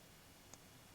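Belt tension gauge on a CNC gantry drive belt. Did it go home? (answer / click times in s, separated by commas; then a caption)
yes / 0.5 s. The lever of a belt tension gauge is pushed down against a CNC gantry drive belt, midway between two pulleys, until it gives a single short, faint click at 0.5 s against a quiet background. The gauge then reads 46 pounds, showing the belt tension is correctly adjusted.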